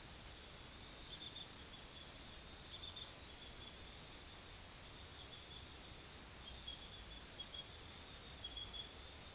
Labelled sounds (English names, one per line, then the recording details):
none
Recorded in forest near Pivijay, Magdalena, Colombia, on 4 June 2023 at 01:00
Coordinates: 10.467, -74.380
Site Z5-G034